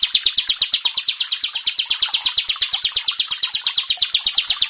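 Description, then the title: Prinia giving a steady stream of rapid, high, slightly buzzy notes throughout, evenly spaced and unchanging in pitch. "Ciblek Sawah"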